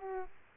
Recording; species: mosquito wingbeat signal from an infrared sensor; Aedes aegypti